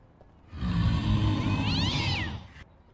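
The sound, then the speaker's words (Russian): A cat lets out one drawn-out meow that rises and then falls in pitch, heard over a steady low rumbling background noise. “Ко мне он тоже лезет, котик озорной.”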